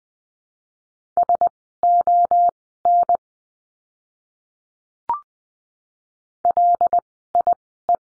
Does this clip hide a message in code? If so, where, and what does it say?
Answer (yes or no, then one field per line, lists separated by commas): yes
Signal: Morse code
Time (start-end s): 1.2-8.0 s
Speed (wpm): 20 wpm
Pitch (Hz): 700 Hz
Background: none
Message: SON LIE